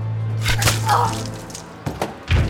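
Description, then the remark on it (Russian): A few sharp, slapping punch impacts land on a jaw as Kuvalda knocks a steppe man off his feet: a quick pair early on, then two more hits near the end, cracking over a steady low drone. “В мгновение ока Кувалда выбросил вперед кулак, снося степняка с ног ударом в челюсть.”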